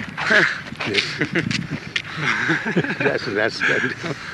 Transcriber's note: laughter